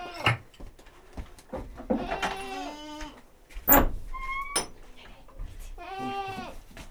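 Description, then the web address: Domestic goat bleats: several wavering, harmonic bleats of varying pitch, interspersed with clicks, knocks and other farmyard noises. "allathangok parasztudvar hazikecske kecske"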